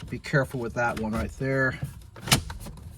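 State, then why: Seated. Someone talks as the plastic center vent and A/C control unit of a 2006–2011 8th-generation Honda Civic LX is lifted back up and pressed into the dashboard, with care taken not to snag the wires, including the hazard light or A/C sensor wire. A loud, short snap at 2.3 s marks the unit seating in place.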